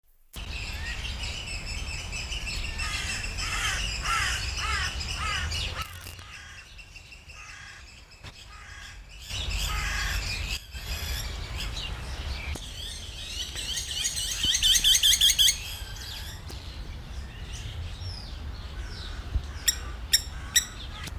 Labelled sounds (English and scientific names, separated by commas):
Blacksmith Lapwing (Vanellus armatus) call